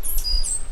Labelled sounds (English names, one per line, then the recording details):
Stitchbird song
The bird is a male
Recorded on Tiritiri Matangi Island, New Zealand, in 2005
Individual 2, of nest box 2